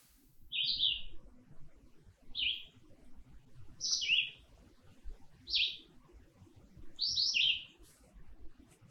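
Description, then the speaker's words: Red-eyed Vireo song: short high slurred phrases delivered one after another with pauses of a second or so, over faint low background noise. Recorded by Larry Servio on June 1, 2020 in Washington County; second most observed sound in Minnesota on iNaturalist in June; a prolific singer. "sound of the red-eyed vireo. And they are just prolific singers."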